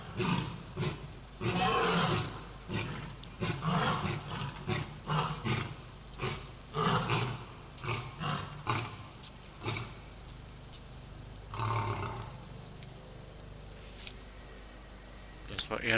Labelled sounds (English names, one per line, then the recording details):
Lion call
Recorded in captivity
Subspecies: persica
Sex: pair
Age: adult
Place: Tiergarten Nürnberg, Bayern, DE
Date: 1998-11-13 10:25
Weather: overcast, ca. 2-3°C
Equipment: Sony MD-WM MZ-R3, Sennheiser MKH 416 T, Kopie Uher 4000 Report Monitor
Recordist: Tembrock, Günter
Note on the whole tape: Indischer Löwe (P.l.persica): Paar: Nachstoßen Männchen und Rufreihe des Weibchens